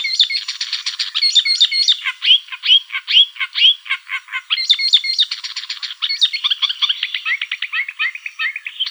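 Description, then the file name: Thick-billed warbler pouring out a loud, jumbled song of scratchy notes, chirps and rising whistles, rhythm shifting constantly across the whole stretch. "Kamyshovka tolstokljuvaja"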